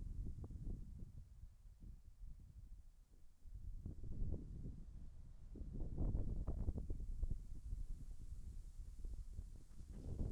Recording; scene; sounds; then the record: everyday scene through a hearing-aid microphone; wind on the microphone; wind, birds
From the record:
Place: in front of a rural house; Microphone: behind the ear, left, rear